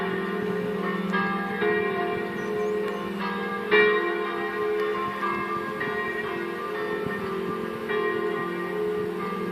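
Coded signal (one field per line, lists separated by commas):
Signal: bell signal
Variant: Italian distesa, three bells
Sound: several church bells swinging and ringing continuously in overlapping peals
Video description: infine per un funerale distesa delle tre minori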